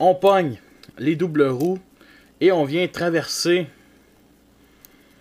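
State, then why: Seated. While a plastic Transformers Armada Jetfire figure is being transformed, a part is folded across and clipped into the cockpit section. Someone talks for most of the clip, then after a quiet stretch a short, sharp click is heard at 4.8 s as the part seats in the cockpit.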